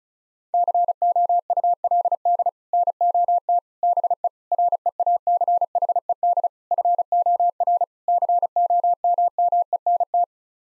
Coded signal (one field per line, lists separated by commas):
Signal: Morse code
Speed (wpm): 34 wpm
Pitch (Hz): 700 Hz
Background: none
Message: COULD NOT BE REACHED FOR COMMENT